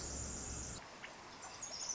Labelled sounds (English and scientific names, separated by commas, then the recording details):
Pacific Wren (Troglodytes pacificus)
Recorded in Sonoma County, California